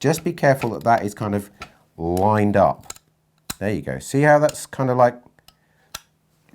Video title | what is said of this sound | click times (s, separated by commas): TX Factor - Episode 28 (TXF028) | sliding down like that and you can hear it clicking all the way | 5.5 s, 6.0 s